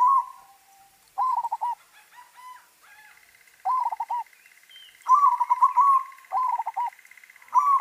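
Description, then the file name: Zebra dove song: short staccato coo phrases repeated every second or two, over a faint steady high hum and occasional soft chirps. White variety. "suara perkutut putih"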